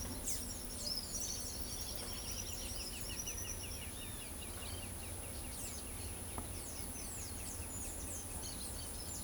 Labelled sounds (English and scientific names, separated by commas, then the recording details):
Tropical Kingbird (Tyrannus melancholicus), Blue-gray Tanager (Thraupis episcopus), Pale-legged Hornero (Furnarius leucopus)
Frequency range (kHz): Tropical Kingbird (Tyrannus melancholicus) 4.0-6.4 kHz; Blue-gray Tanager (Thraupis episcopus) 3.1-11.9 kHz; Pale-legged Hornero (Furnarius leucopus) 1.6-3.7 kHz
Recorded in pastures near Pivijay, Magdalena, Colombia, on 1 June 2023 at 09:30
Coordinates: 10.456, -74.369
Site P6-G026